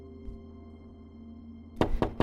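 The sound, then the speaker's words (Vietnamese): Three sharp knocks on a door from outside in quick succession near the end, preceded by a low steady hum with no talking. “Bỗng dưng bên ngoài vang lên tiếng gõ cửa.”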